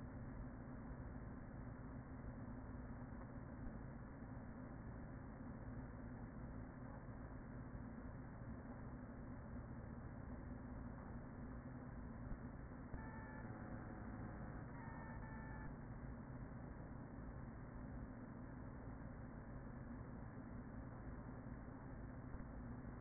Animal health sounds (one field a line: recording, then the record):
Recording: honeybee colony, microphone inside the hive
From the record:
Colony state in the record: queen present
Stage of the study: after two queens were removed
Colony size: about 40,000 bees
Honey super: no